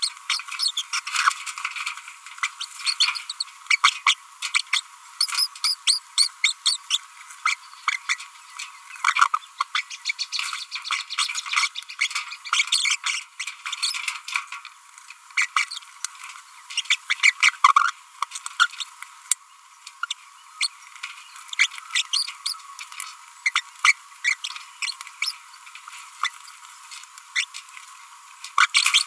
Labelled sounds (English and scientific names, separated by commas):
Green-rumped Parrotlet (Forpus passerinus) babbling